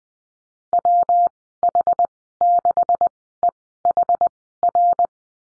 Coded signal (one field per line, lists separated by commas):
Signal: Morse code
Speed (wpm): 20 wpm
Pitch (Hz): 700 Hz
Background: none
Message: WH6EHR